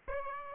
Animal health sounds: mosquito wingbeat signal from an infrared sensor; Aedes aegypti

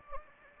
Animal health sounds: mosquito wingbeat signal from an infrared sensor; Anopheles gambiae

